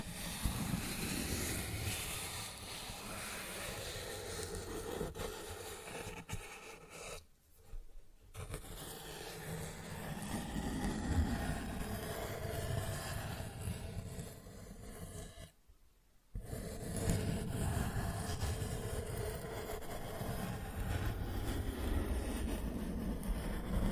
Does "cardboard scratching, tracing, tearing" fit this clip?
yes